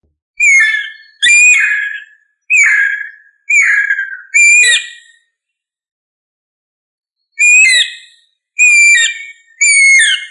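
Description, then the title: Bird song: loud, ringing phrases with falling whistled notes and scratchy overtones, delivered in bursts about once a second, interrupted by a pause of about two seconds. "LuckyPassaro Completos2Sama"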